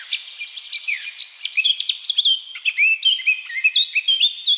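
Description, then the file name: Eurasian blackcap in full warbling song, a continuous tumble of twittering notes, squeaks and clear short whistles. "Sylvia atricapilla"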